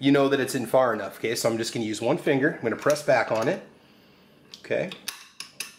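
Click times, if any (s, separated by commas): 5.4 s, 5.6 s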